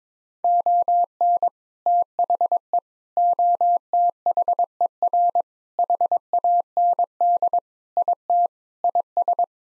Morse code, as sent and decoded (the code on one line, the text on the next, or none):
--- -. / - .... . / --- - .... . .-. / .... .- -. -.. / .. - / .. ...
ON THE OTHER HAND IT IS